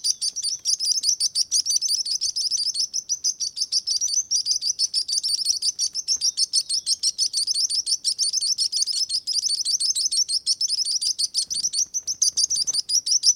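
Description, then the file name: Sparrow chirping, bright high notes repeated about three times a second in an unbroken stream. "Sparrow singing sound"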